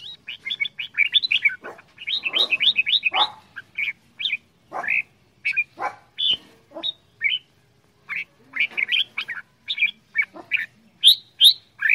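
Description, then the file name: Red-whiskered bulbul song: dense, hurried series of short whistled and slurred notes, some harsh and scratchy, continuing almost without pause. Quảng Ngãi, Vietnam; 'che dao' singing style, described as frantic. "tieng chao mao quang ngai che dao giong dien cuong"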